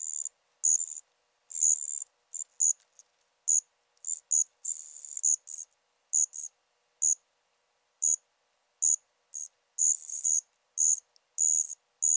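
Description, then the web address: Allard's ground cricket song: thin, high-pitched trills in short and longer bursts, broken by irregular pauses and occasional brief chirps. "Crickets and Katydids. Allard's Ground Cricket, Allonemobius allardi"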